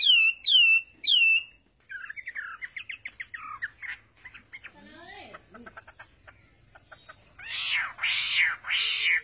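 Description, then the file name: Chinese hwamei song opening with three clear descending whistles, then a quick chatter, some lower notes, and loud harsh broad calls at the end. "Tieng hoa mi hot"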